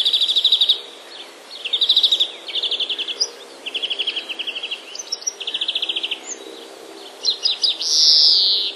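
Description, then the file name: European greenfinch song: rapid twittering trills in bursts, each lasting under a second, ending with a long nasal wheezing buzz. Recorded on 24 March 2012. "dzwoniec 24 03 2012"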